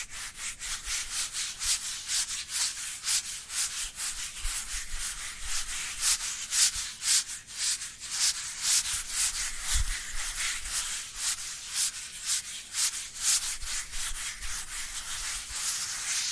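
Dry hands rub against each other in quick, steady back-and-forth strokes, a hissy, bright scraping sound that pulses several times a second for the whole clip. The rhythm stays fairly even, with a faint low thump near ten seconds.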